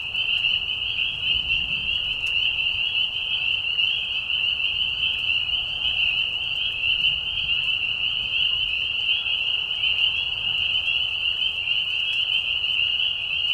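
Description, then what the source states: Spring peepers calling together, an unbroken band of high whistled peeps, even and hypnotic throughout. Chorus of peepers in a marsh at night, mating call during a very short spring season; high whistles at low volume; Tiny Marsh Conservation Area, Tiny, Ontario.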